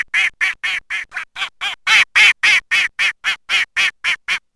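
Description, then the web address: Mallard producing a run of loud raspy quacks roughly four per second, some louder than others, ending abruptly. Spring. "wiosna krzyzowka skrocona"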